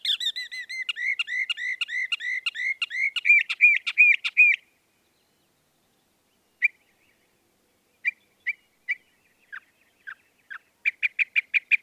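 Northern mockingbird giving a rapid stream of repeated rising notes, then long silence broken by scattered single chips and a final quick repeated series.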